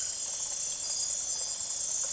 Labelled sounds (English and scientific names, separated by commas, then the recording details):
none
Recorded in secondary vegetation near Puerto Asís, Putumayo, Colombia, on 25 June 2025 at 00:00
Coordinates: 0.489, -76.322
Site G021